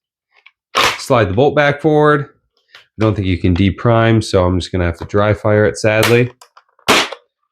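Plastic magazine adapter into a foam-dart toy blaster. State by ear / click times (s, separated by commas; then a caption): seated / 0.5 s. A plastic magazine adapter snaps into place in a Dart Zone Max Stryker 2.0 foam-dart toy blaster after being swapped, with a sharp click at 0.5 s. Someone then talks while the bolt is slid forward, and a few more small clicks follow near the end. The adapter is seated.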